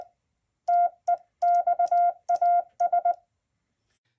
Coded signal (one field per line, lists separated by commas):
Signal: Morse code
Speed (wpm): 20 wpm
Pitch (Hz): 700 Hz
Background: none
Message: TEXAS